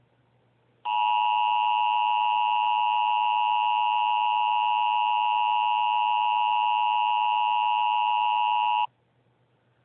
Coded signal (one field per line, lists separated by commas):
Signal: Emergency Alert System (SAME) tones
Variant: 853 and 960 Hz attention tone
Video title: EAS alarm.